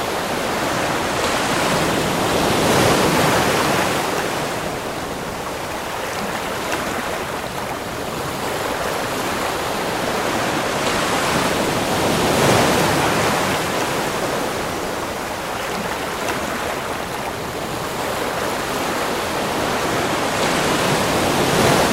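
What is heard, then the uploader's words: Ocean waves wash continuously onto a beach, a dense rushing hiss with no quiet gaps. The sound swells gently every few seconds, with fuller surges around 3, 12 and 21 seconds, each settling back into steady roar. It is bright and airy. Ocean Waves Crashing On the Beach.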